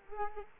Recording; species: mosquito wingbeat signal from an infrared sensor; Culex quinquefasciatus